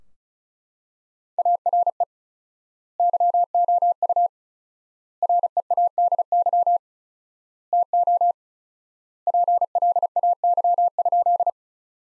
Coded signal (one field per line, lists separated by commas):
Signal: Morse code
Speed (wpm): 36 wpm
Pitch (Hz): 700 Hz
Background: none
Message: ARE YOU READY TO PLAY?